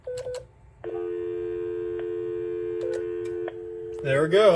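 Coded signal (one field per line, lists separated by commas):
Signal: telephone call progress tone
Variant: North America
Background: speech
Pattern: dial tone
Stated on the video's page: Tone from a Cisco IP phone on a home-built intercom system during a ringing test.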